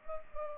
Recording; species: mosquito wingbeat signal from an infrared sensor; Culex pipiens